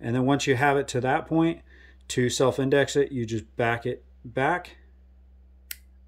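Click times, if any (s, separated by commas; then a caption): 5.7 s. A compensator threaded onto a pistol barrel is backed off slightly while someone talks. At 5.7 s a single sharp click is heard as it seats into its self-indexing detent, leaving it indexed and zeroed.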